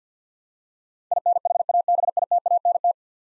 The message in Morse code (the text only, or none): INHABITANT